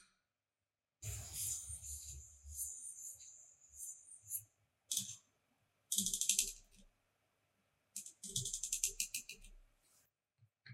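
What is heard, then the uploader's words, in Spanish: Paper, a box and protective wrapping are handled in short bursts of crisp crinkling and rustling. The first burst runs from about one to four seconds, then shorter crackly handfuls follow around five, six and eight to nine seconds, separated by silence. Unboxing ASMR Relajante: Lente Macro Canon 100mm f/2.8L Sonidos y Texturas Increíbles. Escucha los sonidos suaves y cautivadores del papel, la caja y los elementos protectores mientras los desempacamos con cuidado.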